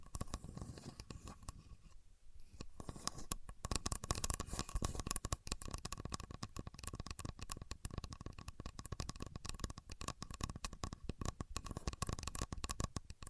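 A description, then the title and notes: A contour gauge is being used, its metal pins clicking and rattling in dense, rapid bursts that run almost without pause. Around two seconds there is a brief lull before the clattering resumes, continuing busily through to the end, with a faint steady hum underneath. Using A Contour Gauge (No Talking).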